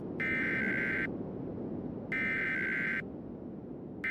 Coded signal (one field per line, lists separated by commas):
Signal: Emergency Alert System (SAME) tones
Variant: header bursts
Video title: [Tornado EAS Scenario] A Nightmare in monsoon season